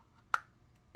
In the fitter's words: you can hear it engage,